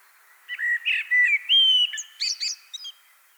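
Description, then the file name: Common blackbird singing one phrase of mellow, fluty whistled notes that rise into a brief, high, scratchy twittering flourish at the end. "Turdus merula"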